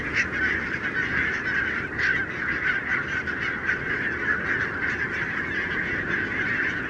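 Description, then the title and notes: Barnacle goose: barnacle geese in a large flock, a thick continuous babble of barking calls with several loud individual yelps rising above it. Flock of 20,000 on wintering grounds in winter, Renesse, Netherlands, 12 January 2009; recorded with Nagra LB and Telinga P7. "Renesse - Pays-bas. 20 000 Bernache nonnette ( Branta leucopsis) en Hollande"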